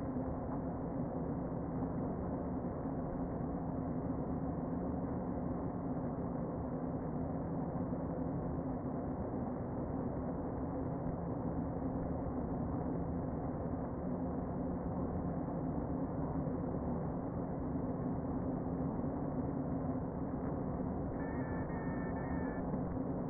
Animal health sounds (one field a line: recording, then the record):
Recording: honeybee colony, microphone inside the hive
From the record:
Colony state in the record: queen present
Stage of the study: before two queens were removed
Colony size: about 60,000 bees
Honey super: yes